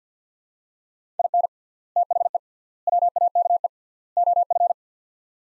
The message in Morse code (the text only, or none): IN THE WAKE OF